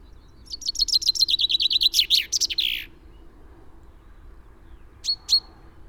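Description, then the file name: Common chaffinch delivers one full song, a rapid series of repeated notes ending in a flourish, then two short sharp high call notes after a pause. "Fringilla coelebs"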